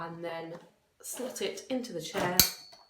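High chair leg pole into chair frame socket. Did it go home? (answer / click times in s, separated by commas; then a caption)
no / none. A high chair leg pole, its spring button held in, is being slid toward the socket in the chair frame while someone talks. Scraping and light clattering handling sounds are heard, with a sharp transient near 2.4 s. The leg has not seated or clicked into place yet.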